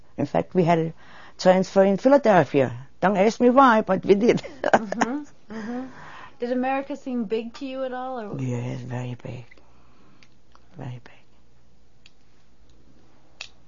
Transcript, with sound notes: In fact, we had a transfer in Philadelphia. Don't ask me why, but we did. ( she laughs )
Uh-huh. Uh-huh. Did America seem big to you at all, or...
Yeah, big. Very big, very big.